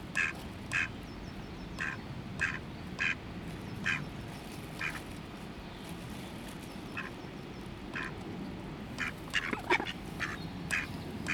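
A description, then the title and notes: Ducks quack repeatedly in short, bright bursts, roughly every half second to second, with a busier cluster of calls near the nine-to-ten-second mark. Underneath runs a steady low rumble and murmur that persists throughout. Feeding the ducks, with one duck getting her way.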